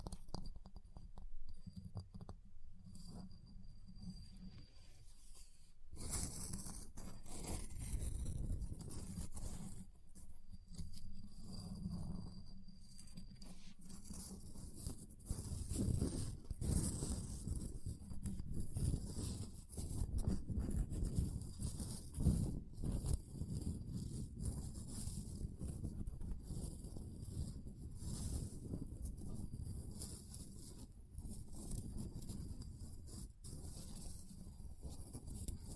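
Ice is scraped and carved in a dense, rough stream of scratching, with a low rumble underneath. After about six seconds it grows busier and louder, peaking between fifteen and twenty-five seconds, with a sharp tap around twenty-two seconds.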